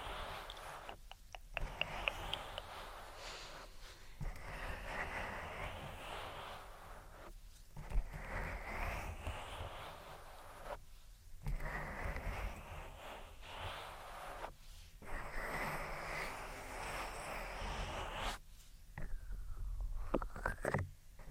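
Ear rubbing and cupping sounds, dense scratchy swishes with soft low thumps, repeating in bursts broken by brief silent gaps every few seconds.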